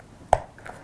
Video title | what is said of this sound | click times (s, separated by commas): Z-Edge T4 Double Dash Cam Demo & Review on Everyman Driver | you'll maybe hear a click it's clicked in | 0.3 s